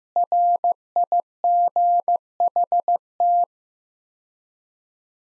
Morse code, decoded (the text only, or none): RIGHT